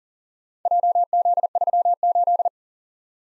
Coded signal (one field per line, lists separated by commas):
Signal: Morse code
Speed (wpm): 36 wpm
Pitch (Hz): 700 Hz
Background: none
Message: JZ38